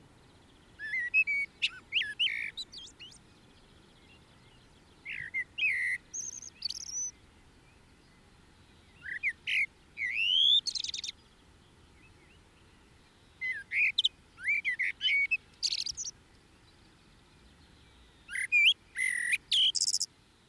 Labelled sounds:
Common Blackbird (Turdus merula) song

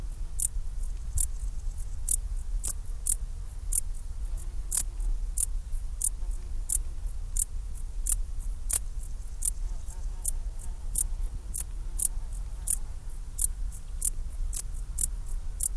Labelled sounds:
Dark Bush-cricket (Pholidoptera griseoaptera) stridulation

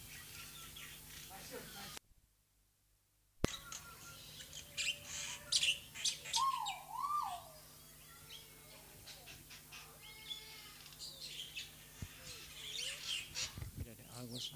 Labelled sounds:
Crested Fireback (Lophura ignita) song

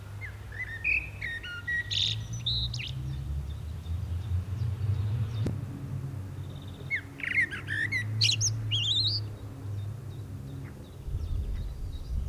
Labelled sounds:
Common Blackbird (Turdus merula) song

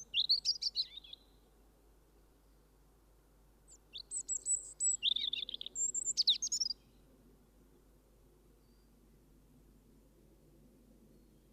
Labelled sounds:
European Robin (Erithacus rubecula) song

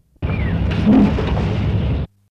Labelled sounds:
Andean Condor (Vultur gryphus) call

